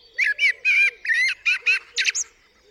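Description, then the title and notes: Common blackbird delivering a string of about seven short, throaty fluted notes in quick succession, ending on a sharp high squeak. Singing on the roof of the recordist's studio, UK, 8 April 2020 around 7am, during Covid-19 lockdown; recorded with parabolic dish, MKH50 and MKH30 microphones in M/S, Sonosax R4+ recorder. "Blackbird On A Still Morning. I would like to share this recording I made this morning on the 8th April 2020 around 7am. A Blackbird singing on the roof of my studio"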